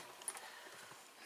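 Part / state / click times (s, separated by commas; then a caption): bobbin on sewing machine bobbin winder spindle / seated / 0.3 s. A bobbin on the winder spindle of a Brother LS 2125I sewing machine is pushed sideways until the winder engages. A small plastic click sounds at 0.3 s, with fainter ticks just before and after. The winder clicks over and the bobbin is seated.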